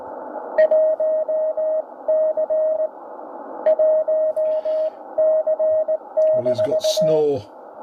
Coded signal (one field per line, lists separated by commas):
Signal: Morse code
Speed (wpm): 18 wpm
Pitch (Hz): 630 Hz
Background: speech, radio noise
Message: 1 C 1 C-